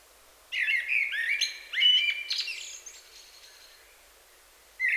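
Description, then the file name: Common blackbird singing one rich, fluting warbled phrase that ends in thin, high squeaky twitters, followed by silence and the start of another phrase near the end. "Turdus merula"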